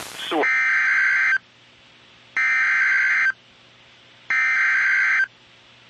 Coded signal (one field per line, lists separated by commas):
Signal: Emergency Alert System (SAME) tones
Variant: header bursts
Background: speech